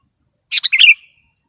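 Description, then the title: Sooty-headed bulbul giving one quick bubbly phrase of four or five chirped notes, then quiet. "kutilang"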